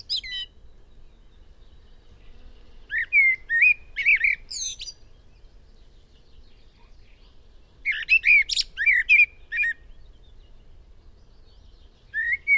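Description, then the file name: Eurasian blackbird delivering warbled song phrases several seconds apart, sweet whistled notes mixed with high squeaky flourishes, with a further phrase starting at the close. "Turdus merula"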